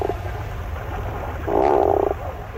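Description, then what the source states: Tufted Puffin groan: a short, low, buzzy moan over a soft background rumble. Groan-like call.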